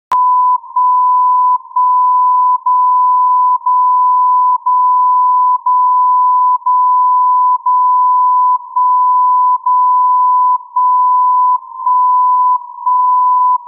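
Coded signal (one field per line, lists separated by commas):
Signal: radio time signal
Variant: MSF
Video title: MSF Time Signal, Anthorn U.K. - 60 kHz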